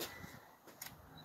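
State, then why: Seated. After several tries pushing down on the back of a Daisy model 21 double-barrel BB gun with a changed grip, the cocking action latches into place. One sharp click is heard at 0.8 s over low background noise, and the action is seated.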